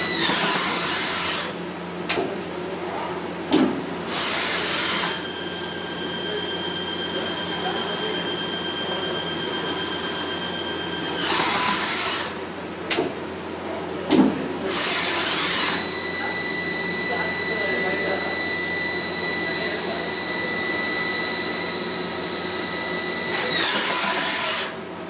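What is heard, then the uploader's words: A turn mill center machines a PTFE nozzle over a steady low machine hum. Loud hissing bursts come every few seconds, and between them a high, clean whine holds steady for several seconds at a time. Sharp clicks and knocks occur now and then. PTFE Nozzle - Turn Mill Center - Poly Fluoro Ltd.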